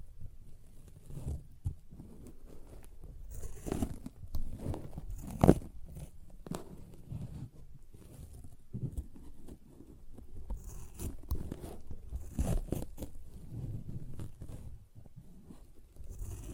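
Sponge sounds: soft, irregular squishing and scratching with many short, low-pitched bursts packed closely together. A sharper crack stands out near the five-second mark, and brief bright scrapes appear now and then, especially around eleven and twelve seconds.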